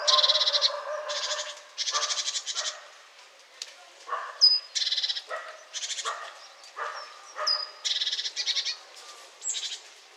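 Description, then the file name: Great tit calls: many harsh, buzzy churrs, some opening with a thin high whistle, coming in quick, irregular bursts throughout. "Parus major"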